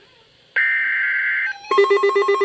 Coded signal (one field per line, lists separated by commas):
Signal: Emergency Alert System (SAME) tones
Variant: header bursts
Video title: Severe Thunderstorm Warning - EAS #471